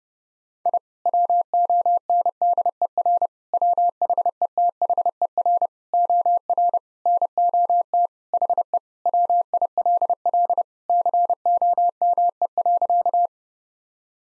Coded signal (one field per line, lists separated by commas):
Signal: Morse code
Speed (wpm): 30 wpm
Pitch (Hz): 700 Hz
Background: none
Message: I WONDER WHETHER OR NOT HE WILL COME.